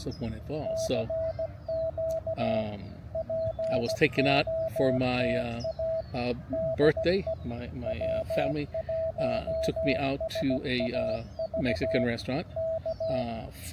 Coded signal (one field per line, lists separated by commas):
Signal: Morse code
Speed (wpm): 16 wpm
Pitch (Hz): 650 Hz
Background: speech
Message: CQ POTA DE W1SAV K